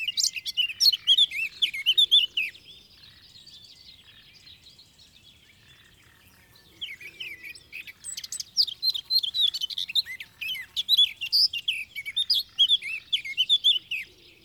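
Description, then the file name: Eurasian blackcap singing fast, varied warbling phrases of chirps and whistles, a burst for about two seconds, a long pause, then a longer run of song. "Sylvia atricapilla"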